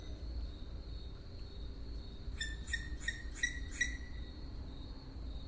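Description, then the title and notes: Owl calls: a quick burst of several squeaky, harmonic notes in about a second and a half, over a steady high hum and low rumble. Owls in Židlochovice. "Sovy, Židlochovice. Sovy v Židlochovicích, nahrál Tomáš Šenkyřík"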